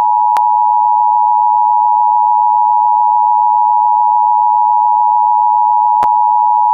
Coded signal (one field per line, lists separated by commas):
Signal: Emergency Alert System (SAME) tones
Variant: 853 and 960 Hz attention tone